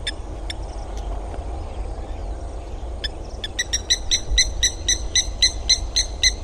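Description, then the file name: Spur-winged lapwing calling: a few scattered sharp notes at first, then from about three seconds a fast, regular run of clipped metallic calls over low rumble. "avefriarmada"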